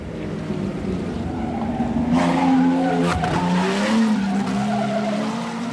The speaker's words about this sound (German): Nowadays, of course, men create their own furies in a Grand Prix motor race.